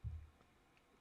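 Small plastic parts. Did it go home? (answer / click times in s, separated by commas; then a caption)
no / none. Fabric and batting are placed in the larger half of a plastic Clover Fabric Tube Maker unit while the other half is readied to be slipped in and locked. A low, muffled thump and rumble fills the first 0.3 seconds, then near-quiet handling follows, ending in a brief sharp tick at 1.0 s. Nothing has seated or clicked yet.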